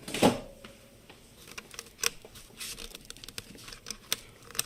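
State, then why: Not seated. A cable connector is pushed into its socket on the internal board of an Apple HomePod smart speaker, with a soft scraping burst at the start followed by a scatter of faint, short ticks and rustles. The connector does not snap in, and nothing has seated or clicked yet.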